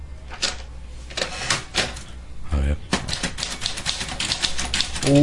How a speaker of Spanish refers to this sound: Esa es la máquina. ¿Ves? El sonido de una máquina de escribir. Con un cóctel de sonidos inconfundible. Una máquina de escribir es un objeto muy fácil de reconocer, incluso cuando nos encontramos a varios metros de distancia.